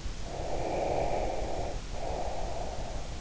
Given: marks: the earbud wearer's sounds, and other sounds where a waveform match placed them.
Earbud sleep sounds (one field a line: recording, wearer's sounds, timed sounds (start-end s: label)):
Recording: sounds in sleep by an in-ear microphone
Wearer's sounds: breath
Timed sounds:
0.17-3.15 s: breath